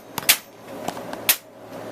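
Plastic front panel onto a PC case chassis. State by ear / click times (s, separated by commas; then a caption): seated / 0.3 s, 1.3 s. A plastic front panel is pressed onto a PC case chassis, and its clips snap in with two loud, sharp clicks at 0.3 s and 1.3 s, with a few softer ticks around them. The panel is seated in place.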